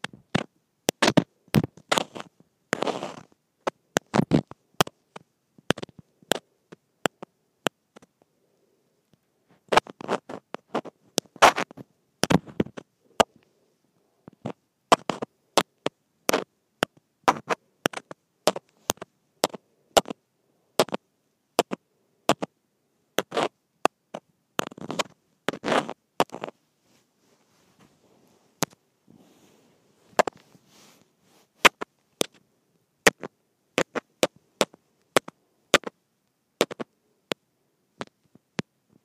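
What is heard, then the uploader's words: A microphone taps against plastic in sharp, dry clicks, scattered irregularly across the whole stretch. Some moments bunch the taps into quick rattling bursts, while others leave short silent gaps. The clicks are bright and crisp, with a faint low thump under the heavier ones. Microphone Tapping Against Plastic.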